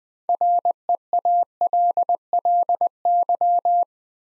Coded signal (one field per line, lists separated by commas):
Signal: Morse code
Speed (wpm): 20 wpm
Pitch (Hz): 700 Hz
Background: none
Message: REALLY